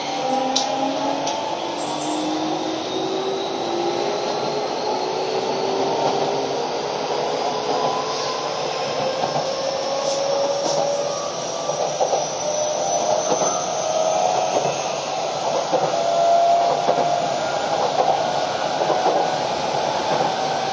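A Keio 5000 series train runs with a steady, dense roar throughout. Motor whines climb slowly in pitch over the clip as the train gathers speed, with a thin high tone rising alongside. Faint clicks and rattles appear now and then.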